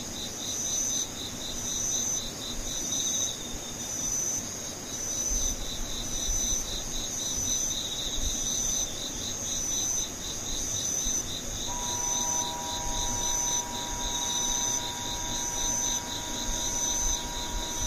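Insects chirr in steady, rapid pulsing trills over a low rumble, and a faint high whine joins from about twelve seconds on.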